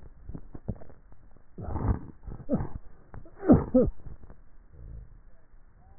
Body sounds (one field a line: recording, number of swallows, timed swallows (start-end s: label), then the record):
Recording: swallowing sounds by neck microphone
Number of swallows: 1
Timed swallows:
0.55-1.42 s: swallow
From the record:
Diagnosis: dysphagia